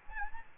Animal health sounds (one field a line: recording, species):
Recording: mosquito wingbeat signal from an infrared sensor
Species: Aedes albopictus